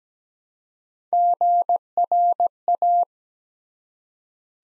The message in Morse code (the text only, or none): GRA